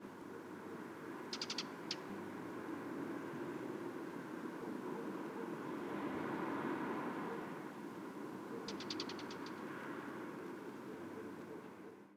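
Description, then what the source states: Bird flight calls: two short bursts of rapid, dry, clicking ta-ta-tak notes, one early and one late, over a constant low rumble. Nocturnal flight call described as tatatak, recorded 24 November 2018.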